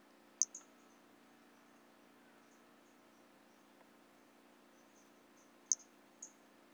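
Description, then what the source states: White-lined pumpkin toadlet giving sharp, high-pitched pips in small clusters at the start and end, with faint scattered notes between and a low steady hum. Recorded in 2017.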